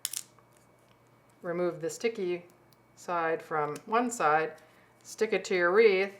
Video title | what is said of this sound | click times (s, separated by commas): Mini Costume Jewelry Christmas Wreath | you take two of them you click them together until you hear them click | 0.0 s